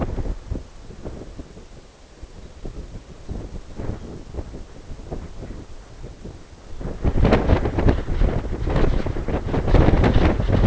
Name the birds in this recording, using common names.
none